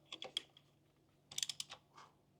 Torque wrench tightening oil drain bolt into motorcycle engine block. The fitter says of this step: anahtarınızı takın ayarlayın tık